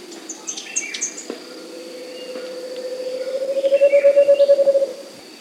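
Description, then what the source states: Scaled antpitta song, a hollow run of low pulsed notes that swells and rises slightly over about a second and a half, after brief high bird chirps and a thin steady insect whine. Recorded in South America.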